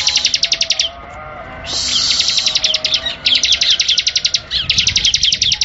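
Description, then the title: Bar-winged Prinia singing rapid, evenly spaced high chips in rattling runs, nearly continuous with brief breaks, over a soft outdoor background. "ciblek"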